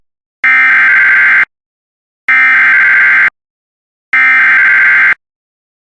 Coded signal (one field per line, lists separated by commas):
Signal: Emergency Alert System (SAME) tones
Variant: header bursts